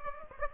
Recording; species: mosquito wingbeat signal from an infrared sensor; Aedes aegypti